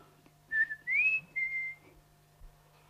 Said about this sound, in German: Das war sein Pfiff.